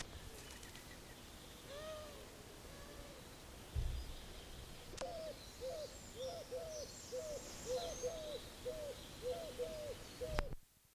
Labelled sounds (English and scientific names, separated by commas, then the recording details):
Eurasian Collared Dove (Streptopelia decaocto)
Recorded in the wild
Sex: male
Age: adult
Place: Bielefeld-Gadderbaum, Teutoburger Wald, Nordrhein-Westfalen, DE
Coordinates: 52.0147, 8.51
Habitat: park
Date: 1967-06-04
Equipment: Uher 4000 Report-S, Bändchenmikro Beyer M 260, Parabolspiegel Polyester (470 mm)
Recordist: Conrads, Klaus
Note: Botanischer Garten Bielefeld. Männchen: Rufe